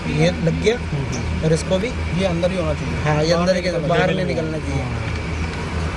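A part of a garden power tool is handled so it sits inside rather than poking out, while someone talks throughout over a steady low hum. Nothing has seated or clicked yet.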